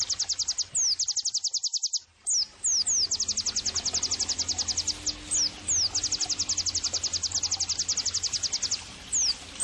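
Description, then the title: White-eye song: long rapid trills of high, sharp repeated notes, broken by quick downslurred whistles and one short pause near two seconds. Pleci singing actively (gacor), used as therapy and bird-training (masteran) audio. "Pleci Gacor. terapi pleci dextro 87 plus masteran kenari sahdu OmAcuz Dextro87 channel"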